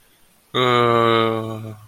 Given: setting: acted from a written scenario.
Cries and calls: vocal sound without words; ecstasy

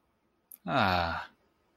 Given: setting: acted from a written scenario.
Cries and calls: vocal sound without words; contentment

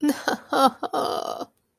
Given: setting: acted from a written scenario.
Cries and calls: vocal sound without words; disappointment

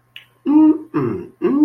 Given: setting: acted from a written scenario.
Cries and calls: vocal sound without words; romantic love

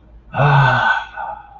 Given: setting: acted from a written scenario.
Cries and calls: vocal sound without words; ecstasy

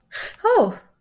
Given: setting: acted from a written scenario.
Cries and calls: vocal sound without words; negative surprise

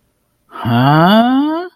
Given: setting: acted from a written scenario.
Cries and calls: vocal sound without words; confusion

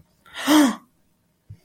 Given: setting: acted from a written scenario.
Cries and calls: vocal sound without words; positive surprise

